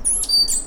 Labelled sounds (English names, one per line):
Stitchbird song